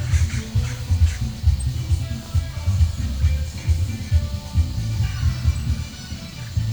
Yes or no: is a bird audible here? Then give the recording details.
no. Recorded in pastures near Puerto Asís, Putumayo, Colombia, on 22 December 2024 at 10:00. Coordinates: 0.497, -76.327. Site G088